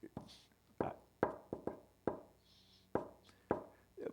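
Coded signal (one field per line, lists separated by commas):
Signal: tap code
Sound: seven hollow knocks on a wall in shave-and-a-haircut rhythm, five then two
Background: room ambience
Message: W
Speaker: last two taps being on the other side saying okay I've got you I'm with you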